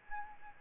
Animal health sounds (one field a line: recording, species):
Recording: mosquito wingbeat signal from an infrared sensor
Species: Aedes albopictus